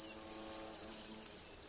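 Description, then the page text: Bumblebee Hummingbird producing a steady, piercingly high thin note that dips slightly partway through and continues evenly to the end. Found mostly in western Mexico and parts of Central America; said to be easily confused with a bumblebee as it buzzes by. "Mexico&#39;s Bumblebee Hummingbird"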